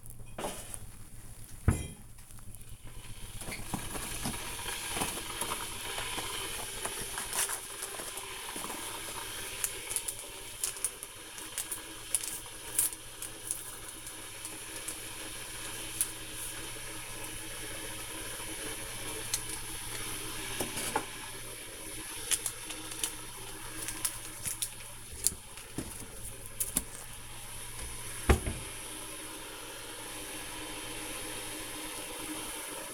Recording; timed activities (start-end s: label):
household activities, microphone on the right wrist
0.00-32.94 s: making tea